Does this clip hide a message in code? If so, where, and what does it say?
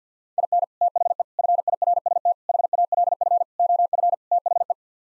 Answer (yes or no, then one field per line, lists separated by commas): yes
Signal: Morse code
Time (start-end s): 0.4-4.7 s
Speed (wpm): 50 wpm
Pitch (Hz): 700 Hz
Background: none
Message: IN THE FIRST HALF OF THE